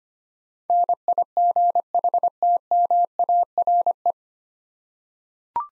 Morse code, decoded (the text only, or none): NIGHTMARE